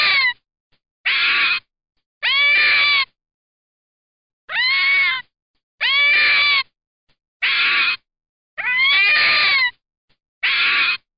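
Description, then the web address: Red fox giving a series of hoarse, harmonic wailing screams, short and long ones mixed, in an uneven rhythm with brief silences. "Zvuki lisy - Zvuki izdavaemye lisoj. LISA - ZVUK LISY"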